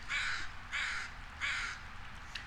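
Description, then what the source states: Crows calling, three harsh caws about two-thirds of a second apart, with a faint extra note at the end over a quiet background. Group of 20+ northwestern or American crows atop spruce and hemlock trees, suburban Forks, Clallam County, Washington, Olympic Peninsula, 8:27 a.m., October 19, 2019.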